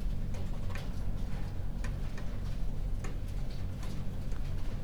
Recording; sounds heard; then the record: poultry house recording; no chicken sound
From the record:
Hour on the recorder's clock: 22